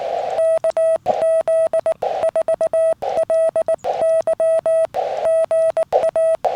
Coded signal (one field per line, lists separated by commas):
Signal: Morse code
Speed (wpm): 19 wpm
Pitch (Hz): 650 Hz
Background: none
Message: KZ4LY GA